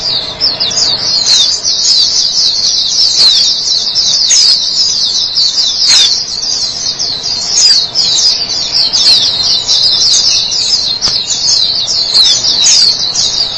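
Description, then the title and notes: White-eye song, an unbroken stream of fast, thin, high twittering notes, steady throughout with small swells in volume; no other animals or background sounds stand out. White-eye chirping song. "Kicauan Burung Pleci Durasi Panjang. Suara kicauan burung pleci"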